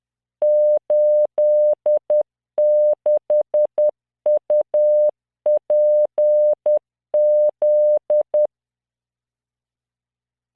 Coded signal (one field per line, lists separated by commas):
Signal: Morse code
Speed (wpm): 10 wpm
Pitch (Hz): 600 Hz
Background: none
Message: 86UPZ